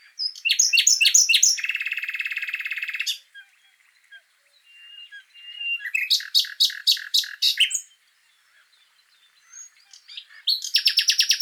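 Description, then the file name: Common nightingale singing clipped chirps and a buzzy rattle, pausing, then a phrase of repeated chips, another pause, and a closing rapid trill. "Luscinia megarhynchos"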